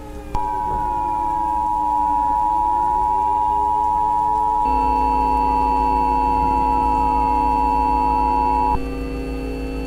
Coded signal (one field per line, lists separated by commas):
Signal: Emergency Alert System (SAME) tones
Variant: 853 and 960 Hz attention tone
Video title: The Ohio Outbreak: An EAS Scenario (my submission for @EAceS spring fling 2023)